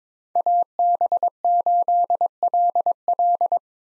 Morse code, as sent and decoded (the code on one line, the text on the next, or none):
.- -... ---.. .-.. .-..
AB8LL